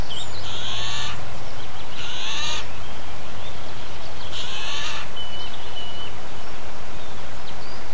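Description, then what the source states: Eurasian jay giving three rough, hoarse screeches above the constant low rumble of a tractor engine. Eurasian jay calling alongside a tractor, 10 April 2007, recorded on a MiniDisc recorder.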